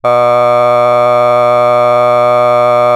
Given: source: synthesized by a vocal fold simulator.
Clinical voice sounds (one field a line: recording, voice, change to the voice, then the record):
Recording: sustained vowel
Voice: male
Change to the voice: vocal strain, level 4 of 10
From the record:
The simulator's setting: 0.33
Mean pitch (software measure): 122 Hz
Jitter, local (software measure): 0.52%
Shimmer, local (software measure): 1.2%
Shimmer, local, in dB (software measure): 0.11 dB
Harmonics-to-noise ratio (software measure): 24.7 dB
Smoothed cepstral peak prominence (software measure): 22.5 dB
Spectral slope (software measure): -15.5 dB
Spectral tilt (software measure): -9.6 dB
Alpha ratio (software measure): -6.0 dB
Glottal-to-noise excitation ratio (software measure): 0.995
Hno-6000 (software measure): 2.1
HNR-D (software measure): 28.9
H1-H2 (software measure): 2.3 dB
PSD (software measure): 5.4e-05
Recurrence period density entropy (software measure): 0.121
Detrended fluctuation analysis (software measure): 0.0324